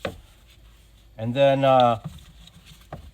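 A new cabin air filter for a 2006-2011 Honda Civic LX, rigid side toward the doors, is snapped back into its plastic holder, with a sharp snap at 0.1 s confirming it is seated. Someone talks briefly afterward, followed by a couple of faint light taps.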